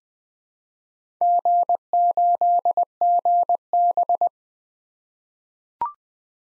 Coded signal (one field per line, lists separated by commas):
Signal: Morse code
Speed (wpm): 20 wpm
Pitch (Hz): 700 Hz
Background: none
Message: G8GB